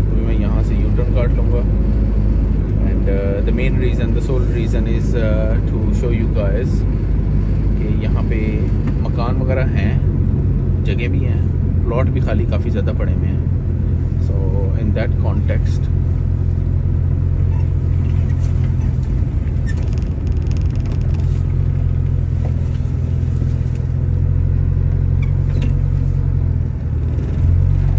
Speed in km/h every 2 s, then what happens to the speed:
23, 22, 22, 22, 22, 19, 15, 13, 12, 11, 4, 0, 0, 0.
0-8 steady at about 22. 8-21 slows to 0. 21-26 standing.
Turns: 16-19.